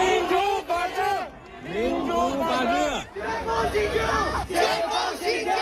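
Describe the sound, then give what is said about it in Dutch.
A large crowd of protesters in China, demonstrating against COVID lockdown measures, chants and shouts together in loud, rhythmic bursts, calling for President Xi Jinping's resignation, many voices rising and falling in unison with brief dips between phrases, sustained throughout. “Ze roepen, ik zei het al, om zijn aftreden.”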